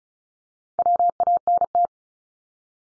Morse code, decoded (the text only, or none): WANT